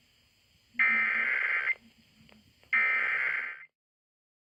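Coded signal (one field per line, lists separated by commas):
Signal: Emergency Alert System (SAME) tones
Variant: header bursts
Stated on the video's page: Required Weekly Test sent on a broadcast station.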